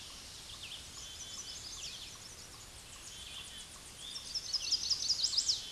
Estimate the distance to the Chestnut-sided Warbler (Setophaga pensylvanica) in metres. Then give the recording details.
about 25 m. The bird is about 5 m above the microphone. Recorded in a Pennsylvania forest on 16 May 2024 at 08:38. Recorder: AudioMoth, point MSD-2429. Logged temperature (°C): 16.7 °C. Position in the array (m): 101 m, 99 m